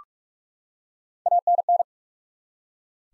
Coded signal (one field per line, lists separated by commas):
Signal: Morse code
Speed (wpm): 44 wpm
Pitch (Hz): 700 Hz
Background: none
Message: ANN